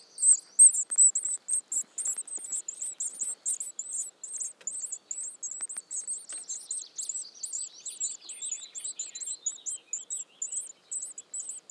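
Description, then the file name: Eurasian blue tit calls: a steady, hurried series of very high, thin chirps, with weaker lower notes sliding downward in the second half. "Cyanistes caeruleus"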